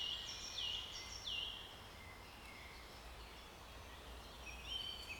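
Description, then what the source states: Bird song: three short whistled notes at the start, then quiet hiss, with a faint thin whistle near the end. Recorded in a forest.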